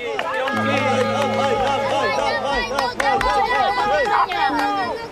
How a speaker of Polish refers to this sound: Uwaga, bo biegnie! Tędy biegnie również trasa maratonu i co chwilę ktoś mierzy się ze swoimi siłami na czas.